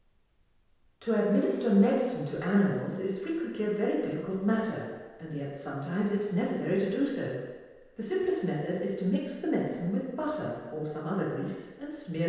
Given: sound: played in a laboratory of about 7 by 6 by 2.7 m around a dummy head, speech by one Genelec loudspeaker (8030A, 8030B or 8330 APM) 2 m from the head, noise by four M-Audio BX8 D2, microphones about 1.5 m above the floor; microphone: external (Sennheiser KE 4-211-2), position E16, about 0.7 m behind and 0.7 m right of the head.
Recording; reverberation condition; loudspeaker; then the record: female speech in English; high; 120 degrees to the left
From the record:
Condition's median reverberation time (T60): about 1300 ms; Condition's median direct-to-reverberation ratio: about -4.0 dB